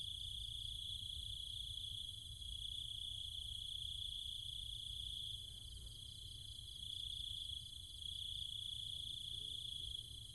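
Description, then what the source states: Cicadas hum in a continuous high buzzing chorus that swells and eases slightly, over a noticeable low rumble and a brief faint tone. Nighttime chorus of cicadas and other insects in trees and fields, countryside of Chiang Mai, Thailand.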